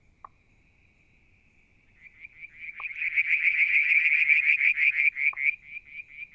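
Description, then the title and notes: Frogs: a faint thin tone grows into a loud rapid pulsing trill, while a separate lower knock sounds roughly every two and a half seconds. Striped marsh frog, Verreaux's tree frog and an unidentified frog calling one evening near a water tank, Mount Wilson, New South Wales, Australia, July 2022. "Frog song, Mount Wilson, New South Wales, Australia in July 2022 – by Alexander Moffatt. Limnodynastes Peronii, Litoria Verreauxii and a mystery frog one evening near the water tank"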